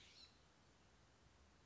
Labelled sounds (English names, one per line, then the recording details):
California Scrub-Jay
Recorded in Sonoma County, California